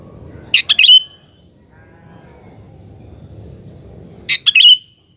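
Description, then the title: Sooty-headed bulbul song: two short, loud, bubbly phrases of rapid warbled notes ending in a brief whistle, separated by a few seconds of quiet low hum. "Kutilang"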